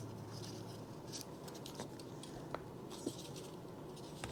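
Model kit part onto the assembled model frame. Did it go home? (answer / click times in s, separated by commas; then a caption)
no / none. Piece C12 of a Robotime M870 Terminator model shotgun kit is handled and lined up over several mating pegs on the assembled model frame. Soft scratching and rubbing are heard, with a few faint ticks around 1.2 s, 2.6 s and 3.1 s. Nothing has seated or clicked yet.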